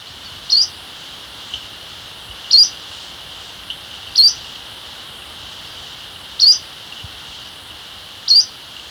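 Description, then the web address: Brown-backed chat-tyrant calls: five short, high, thin notes, one roughly every two seconds, against a faint constant hiss. Recorded in Ecuador. "Birds of Ecuador 3-07 Brown-Backed Chat-Tyrant"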